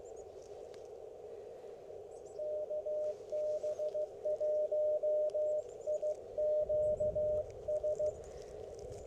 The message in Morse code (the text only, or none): KB1IQS